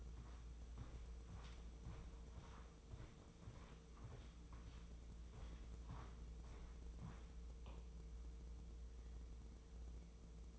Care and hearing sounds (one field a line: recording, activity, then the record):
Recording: daily activity, microphone in the room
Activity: walk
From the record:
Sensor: 1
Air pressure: 996.0 hPa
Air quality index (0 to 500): 240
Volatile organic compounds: 1000 ppm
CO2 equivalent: 7020 ppm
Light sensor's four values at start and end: 38/95/40/49 and 38/95/40/49